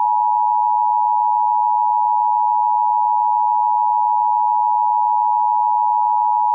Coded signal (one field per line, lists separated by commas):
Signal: Emergency Alert System (SAME) tones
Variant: 853 and 960 Hz attention tone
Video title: (EAS #57) (FAIL) "PBS WOUB" - Severe Thunderstorm Warning (5/26/2024)